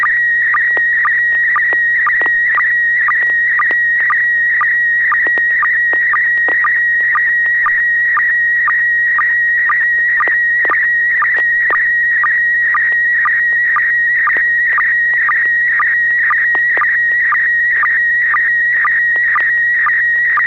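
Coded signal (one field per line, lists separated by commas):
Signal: SSTV (slow-scan television)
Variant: PD120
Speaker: and I'm going about to share an image myself this will be pd120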